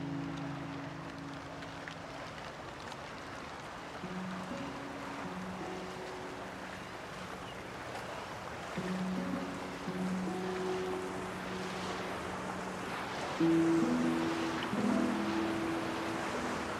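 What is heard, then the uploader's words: The Bow River rushes steadily in a dense, even wash of flowing water that fills the whole recording. Low humming tones drift in and out throughout, like an engine or boat, growing a little louder from about thirteen seconds. In Banff, AB Canada on The Bow River Trail.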